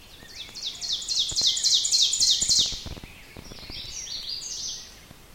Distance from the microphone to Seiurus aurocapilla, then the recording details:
about 20 m. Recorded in boreal forest in Alberta, Canada, on 5 June 2016 at 07:17. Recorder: SongMeter 3, array SBT-3-51. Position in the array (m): 257 m, 126 m. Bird 28